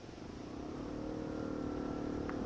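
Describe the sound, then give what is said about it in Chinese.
A large-displacement motorcycle engine roars like thunder with a steady, low, throaty drone that swells louder over a couple of seconds and then holds as it climbs from the foot of a mountain in western Hunan, raising clouds of yellow dust. There is no talking. “正等得心焦，忽听到大排量摩托车的轰声，真如雷鸣一般自山脚处一路扬上来。”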